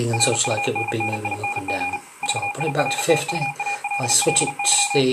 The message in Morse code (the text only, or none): RUNNING VIRTUALLY